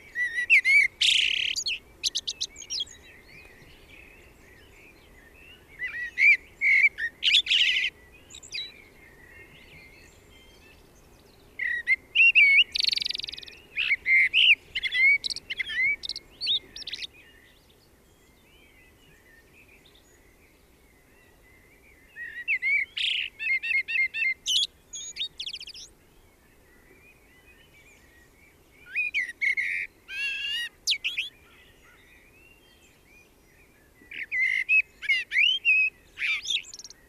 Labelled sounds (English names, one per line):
Common Blackbird song